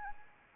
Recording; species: mosquito wingbeat signal from an infrared sensor; Anopheles arabiensis